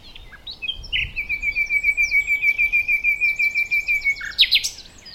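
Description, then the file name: Common nightingale song: a steady series of many loud repeated piping notes, evenly spaced, ending in a short burst of higher twitters. "Luscinia megarhynchos"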